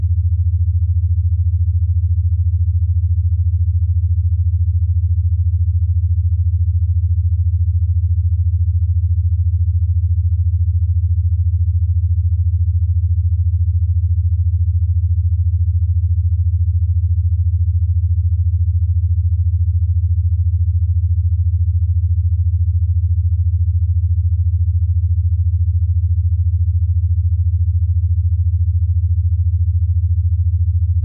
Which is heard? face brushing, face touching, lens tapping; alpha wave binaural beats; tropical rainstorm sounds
alpha wave binaural beats